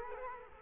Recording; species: mosquito wingbeat signal from an infrared sensor; Culex quinquefasciatus